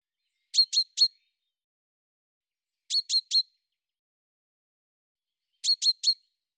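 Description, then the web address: Bird calls: three quick high chirps in a tight burst, repeated about every two and a half seconds, on a silent background. "cianscape birddata Deverinetal 2025 Bird Fr Co"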